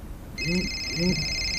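A telephone call from the medical clinic: the phone starts ringing partway through with a steady, high electronic tone that holds unbroken to the end, while two short low murmuring sounds rise and fall beneath it.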